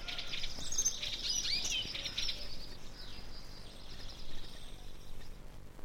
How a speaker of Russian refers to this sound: Самое уютное гнездышко у долгохвостой синицы. Сейчас звучит ее песенка. Эту птицу зовут еще Ополовничек, потому что она похожа на разливательную ложку. Ополовник. Ее гнездо свито изнутри из пуха, перьев и шерстинок, а снаружи из мха и лишайников.